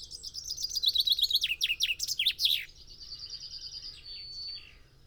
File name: Fringilla coelebs